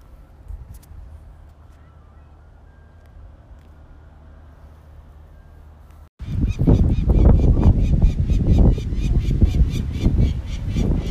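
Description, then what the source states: Peregrine falcon harsh calls: after about six seconds of low rumbling background, a loud burst of rasping, rapidly repeated cackling notes over heavy low-frequency noise. Fighting with a hawk.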